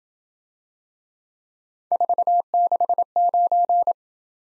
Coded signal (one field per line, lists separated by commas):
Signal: Morse code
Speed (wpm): 27 wpm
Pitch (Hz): 700 Hz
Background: none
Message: 469